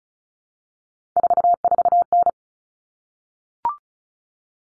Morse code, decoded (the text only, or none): 44N